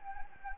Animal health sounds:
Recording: mosquito wingbeat signal from an infrared sensor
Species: Anopheles gambiae

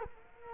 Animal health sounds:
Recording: mosquito wingbeat signal from an infrared sensor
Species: Culex quinquefasciatus

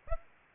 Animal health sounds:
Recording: mosquito wingbeat signal from an infrared sensor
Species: Aedes aegypti

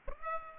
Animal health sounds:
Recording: mosquito wingbeat signal from an infrared sensor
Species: Aedes aegypti

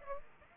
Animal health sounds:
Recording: mosquito wingbeat signal from an infrared sensor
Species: Aedes aegypti

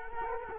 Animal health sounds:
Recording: mosquito wingbeat signal from an infrared sensor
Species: Culex quinquefasciatus

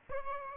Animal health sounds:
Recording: mosquito wingbeat signal from an infrared sensor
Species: Aedes aegypti

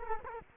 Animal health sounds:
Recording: mosquito wingbeat signal from an infrared sensor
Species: Culex quinquefasciatus

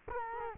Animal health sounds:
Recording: mosquito wingbeat signal from an infrared sensor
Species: Culex quinquefasciatus

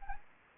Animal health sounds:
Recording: mosquito wingbeat signal from an infrared sensor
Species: Anopheles arabiensis

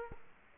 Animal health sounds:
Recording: mosquito wingbeat signal from an infrared sensor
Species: Culex quinquefasciatus

